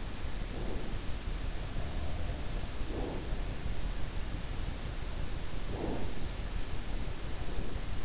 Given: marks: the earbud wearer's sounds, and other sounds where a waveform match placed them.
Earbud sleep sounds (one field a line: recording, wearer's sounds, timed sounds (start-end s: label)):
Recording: sounds in sleep by an in-ear microphone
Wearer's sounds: breath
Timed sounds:
0.33-0.94 s: breath
2.85-3.21 s: breath
5.76-6.02 s: breath